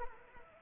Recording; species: mosquito wingbeat signal from an infrared sensor; Anopheles arabiensis